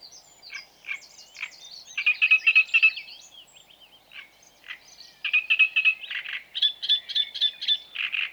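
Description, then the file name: Great reed warbler song, rough chattering phrases of quickly repeated croaking notes, broken by short pauses and varied squeaky syllables. "Grotekarekiet"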